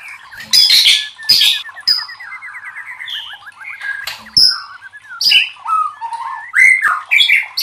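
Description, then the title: White-rumped shama singing a varied, rapid song. It mixes harsh bursts, a rattling series of short notes, and clear whistled slurs rising and falling in turn. Cage-bird training (masteran) song. "MASTERAN MURAI BATU LABAIK"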